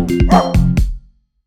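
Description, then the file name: Dog barking: four quick harmonic barks within one second, followed by quiet. "Portal Dogs"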